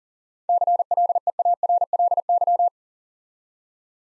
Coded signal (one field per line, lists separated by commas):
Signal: Morse code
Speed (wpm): 41 wpm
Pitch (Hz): 700 Hz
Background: none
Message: CLEARLY